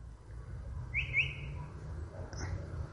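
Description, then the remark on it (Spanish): A chalk-browed mockingbird (Mimus saturninus), a mimic, gives a clear, high whistled note lasting about half a second, followed by a faint short chirp, over a steady low rumble of noise. “Es muy dúctil el canto de la canandria. Es un gran imitador.”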